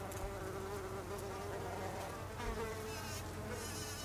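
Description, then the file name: Bumblebee buzzing, a steady wavering drone that shifts slightly in pitch over a constant low hum. Bumblebees recorded on 26 August 2012. "hunangsflugur 2012-08-26"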